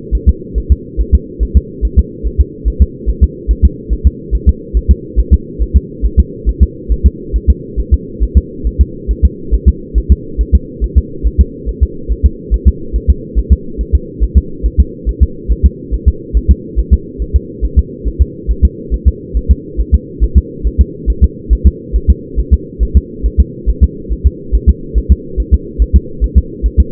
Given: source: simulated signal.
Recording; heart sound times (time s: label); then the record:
fetal heart sounds
0.15 s: S1
0.29 s: S2
0.58 s: S1
0.72 s: S2
1.01 s: S1
1.15 s: S2
1.43 s: S1
1.57 s: S2
1.85 s: S1
1.99 s: S2
2.26 s: S1
2.41 s: S2
2.68 s: S1
2.82 s: S2
3.09 s: S1
3.24 s: S2
3.51 s: S1
3.65 s: S2
3.93 s: S1
4.07 s: S2
4.35 s: S1
4.49 s: S2
4.77 s: S1
4.91 s: S2
5.19 s: S1
5.34 s: S2
5.62 s: S1
5.76 s: S2
6.05 s: S1
6.19 s: S2
6.49 s: S1
6.63 s: S2
6.92 s: S1
7.06 s: S2
7.36 s: S1
7.50 s: S2
7.80 s: S1
7.94 s: S2
8.23 s: S1
8.38 s: S2
8.67 s: S1
8.81 s: S2
9.11 s: S1
9.25 s: S2
9.54 s: S1
9.68 s: S2
9.98 s: S1
10.12 s: S2
10.41 s: S1
10.55 s: S2
10.84 s: S1
10.98 s: S2
11.27 s: S1
11.41 s: S2
11.69 s: S1
11.83 s: S2
12.12 s: S1
12.26 s: S2
12.54 s: S1
12.68 s: S2
12.96 s: S1
13.10 s: S2
13.38 s: S1
13.53 s: S2
13.81 s: S1
13.95 s: S2
14.23 s: S1
14.38 s: S2
14.66 s: S1
14.80 s: S2
15.09 s: S1
15.23 s: S2
15.52 s: S1
15.66 s: S2
15.94 s: S1
16.08 s: S2
16.37 s: S1
16.51 s: S2
16.79 s: S1
16.93 s: S2
17.22 s: S1
17.36 s: S2
17.65 s: S1
17.79 s: S2
18.07 s: S1
18.22 s: S2
18.51 s: S1
18.65 s: S2
18.94 s: S1
19.08 s: S2
19.37 s: S1
19.51 s: S2
19.80 s: S1
19.94 s: S2
20.24 s: S1
20.38 s: S2
20.67 s: S1
20.81 s: S2
21.10 s: S1
21.24 s: S2
21.53 s: S1
21.67 s: S2
21.96 s: S1
22.10 s: S2
22.39 s: S1
22.53 s: S2
22.83 s: S1
22.97 s: S2
23.26 s: S1
23.40 s: S2
23.69 s: S1
23.83 s: S2
24.12 s: S1
24.27 s: S2
24.55 s: S1
24.69 s: S2
24.98 s: S1
25.12 s: S2
25.40 s: S1
25.54 s: S2
25.82 s: S1
25.96 s: S2
26.24 s: S1
26.38 s: S2
26.66 s: S1
26.80 s: S2
From the record:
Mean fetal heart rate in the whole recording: 140 bpm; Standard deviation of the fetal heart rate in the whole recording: 2 bpm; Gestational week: 34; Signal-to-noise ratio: -4.3 dB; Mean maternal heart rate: 72 bpm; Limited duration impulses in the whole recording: absent